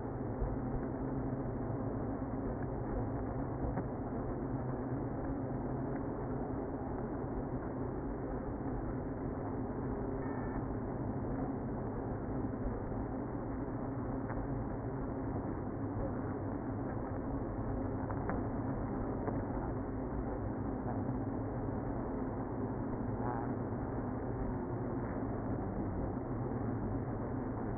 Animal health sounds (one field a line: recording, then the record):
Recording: honeybee colony, microphone inside the hive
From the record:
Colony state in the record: queenless (queen removed)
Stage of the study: after two queens were removed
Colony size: about 60,000 bees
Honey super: yes